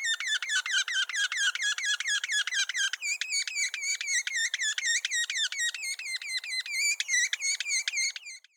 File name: Red-naped Sapsucker - Sphyrapicus nuchalis